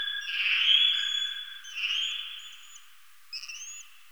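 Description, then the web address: Eastern horseshoe bat: a loud, steady, high tone, a second quieter one, then a short upward-sweeping note, each with a faint higher overtone. "Rhinolophus megaphyllus"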